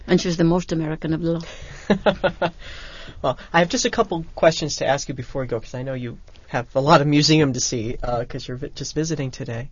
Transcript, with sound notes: And she's the most American of the lot. (laughs)
Well, I have just a couple questions to ask you before we go, because I know have a lot of museum see because you're just visiting today.